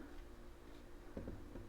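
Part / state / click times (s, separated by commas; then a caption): battery pack into cordless drill handle / not seated / none. A battery pack is slid along the rails of a cordless drill's handle base before the final push, making a low steady hum with a few soft ticks from about 1.2 s to 1.6 s. The battery has not latched or clicked yet.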